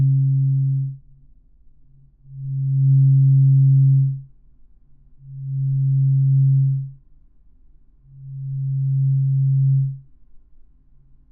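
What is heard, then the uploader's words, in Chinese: A tuning fork hums a low, pure tone with a fainter higher overtone above it. The tone swells in and fades out in repeating pulses roughly every three seconds, each lasting about two seconds, with near-silence and a faint low rumble between them. ASMR×KU100。(OM136.1HZ&4096HZ) | Tuning Fork | NO Talking。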